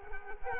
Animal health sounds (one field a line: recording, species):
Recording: mosquito wingbeat signal from an infrared sensor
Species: Culex quinquefasciatus